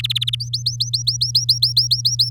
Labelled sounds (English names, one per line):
Domestic Canary song